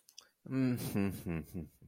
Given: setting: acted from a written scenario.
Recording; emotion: vocal sound without words; shame